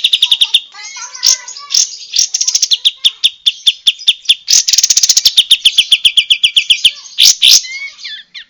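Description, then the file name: Bulbul song as a loud, continuous stream of rapid metallic ticks and chattering trills, nearly unbroken, with a few harsh bursts near the end. Lure recording used to attract birds. "suara pancingan kapas tembak"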